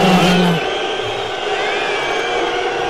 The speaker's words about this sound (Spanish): La verdad es que yo creo que aquí se merecen unos abucheos